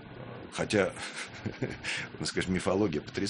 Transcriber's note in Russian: смеется